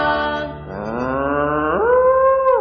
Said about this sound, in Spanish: con su mu, mu, mu, con su tin, tin, tin, la vaquita de Martín